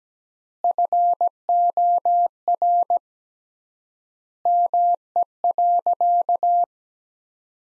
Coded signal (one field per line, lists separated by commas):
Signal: Morse code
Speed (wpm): 17 wpm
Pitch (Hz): 700 Hz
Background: none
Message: FOR ME.